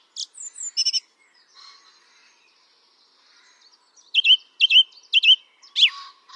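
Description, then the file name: Song thrush song: a few sharp notes, a quiet gap, then a loud phrase repeated several times and a final different phrase. "singdrossel"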